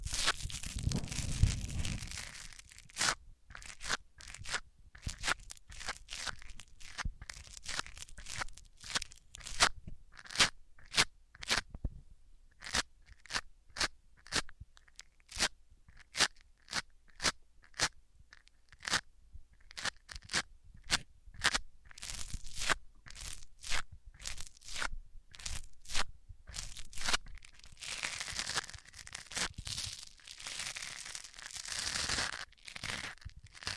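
Microphones rubbed against different surfaces, opening with a heavy low rumbling scrape. Then comes a long run of sharp, bright crunching scratches, fairly regular, several per second. Near the end, denser rasping friction noise returns in longer sweeps.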